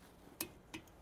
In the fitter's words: So once it's torqued, you're going to hear these clicks.